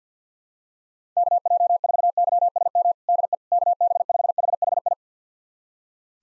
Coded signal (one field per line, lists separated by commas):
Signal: Morse code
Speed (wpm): 50 wpm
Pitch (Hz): 700 Hz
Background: none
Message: KJ4YSM DE KB5HHI